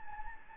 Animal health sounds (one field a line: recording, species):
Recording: mosquito wingbeat signal from an infrared sensor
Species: Anopheles gambiae